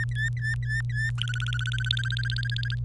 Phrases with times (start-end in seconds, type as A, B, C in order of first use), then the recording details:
0.00-1.10 A, 1.18-2.75 B. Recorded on 26 April 2018 at 09:53. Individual llb3